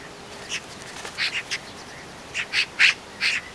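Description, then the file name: Eurasian magpie uttering a series of harsh, scratchy chack notes in short bursts. "Pica pica"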